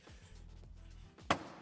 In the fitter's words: We'll get it snapped back into place.